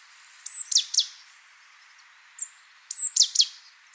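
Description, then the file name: Great tit calling twice: a high piping note sliding into two or three buzzy, dropping notes, with a single short high note between the phrases. "Parus major"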